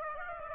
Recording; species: mosquito wingbeat signal from an infrared sensor; Aedes aegypti